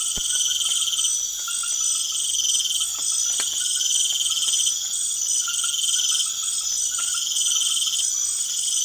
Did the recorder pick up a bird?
no